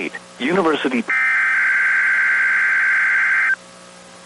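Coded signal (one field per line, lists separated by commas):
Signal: Emergency Alert System (SAME) tones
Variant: header bursts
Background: speech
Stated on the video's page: NOAA Weather Radio required weekly test tones.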